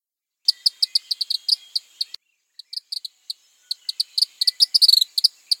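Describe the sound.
Tropical kingbird call series: spaced high pips that quicken into rapid twittering bursts, with a brief gap midway and a faint steady high hum beneath.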